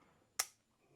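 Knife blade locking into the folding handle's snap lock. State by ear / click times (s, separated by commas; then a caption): seated / 0.4 s. The steel blade of a folding knife is opened until it locks into the handle's snap lock, which relies on tension in the steel portion of the handle. A single sharp, bright snap sounds at 0.4 s over a quiet background and fades quickly. The blade clicks home and the snap lock is seated.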